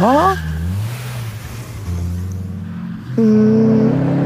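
A motor engine revs up with a rising whine, settles into a steady low drone, then jumps to a louder, higher-pitched hum near the end.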